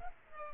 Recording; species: mosquito wingbeat signal from an infrared sensor; Culex pipiens